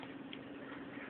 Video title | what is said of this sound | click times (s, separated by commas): How to set time & date on Tag Heuer 2000 Series Quartz Chronograph Watch Dubois Depraz Calibre 185 | you might hear a little click | 0.3 s